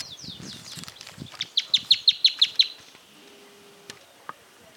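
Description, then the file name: Chaco earthcreeper song: a quick run of seven loud, staccato notes after some soft descending whistles, then near quiet with a few clicks. "bandurrita-chaqueña voz"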